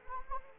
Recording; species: mosquito wingbeat signal from an infrared sensor; Anopheles arabiensis